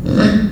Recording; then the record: squeal of a Yucatan mini pig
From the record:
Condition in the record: after surgery on the right vocal fold (resection and tissue-engineered implant); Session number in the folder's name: 6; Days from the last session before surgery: 40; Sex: female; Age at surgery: 19 weeks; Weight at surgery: 25 kg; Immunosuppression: prednisolone